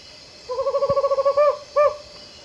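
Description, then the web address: Tropical screech owl singing a mellow, rapid series of hollow pulses that runs about a second, then two separate stressed hoots, with steady background hiss. Song, recorded in the eastern lowlands of South America. "Natures Songs S America Eastern Lowlands Megascops choliba, song"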